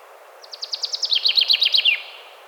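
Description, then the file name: Common chaffinch song phrase, spaced notes quickening into a dense, slightly falling rattle, over soft constant background noise. "Fringilla coelebs"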